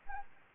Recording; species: mosquito wingbeat signal from an infrared sensor; Anopheles arabiensis